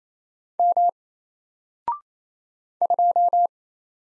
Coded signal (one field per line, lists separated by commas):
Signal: Morse code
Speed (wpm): 28 wpm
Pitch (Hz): 700 Hz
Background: none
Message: M 2